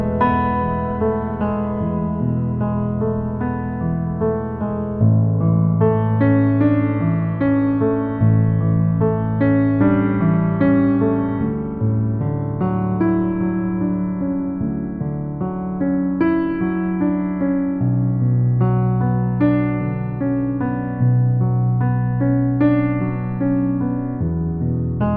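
Calm piano music plays slow, sustained chords over deep bass notes that shift every five or six seconds, with a change near the five-second mark. Gentle melody notes ring above, and the volume stays soft and even throughout.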